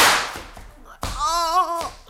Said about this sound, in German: Rette dich, Jim, er knallt dich ab!